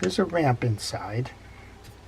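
A man talks while the preset drag adjuster knob is being threaded onto the side plate of a Daiwa Saltist LD30 saltwater lever-drag fishing reel. Speech fills the first 1.3 seconds, followed by quiet low-level handling noise. Nothing has seated or clicked yet.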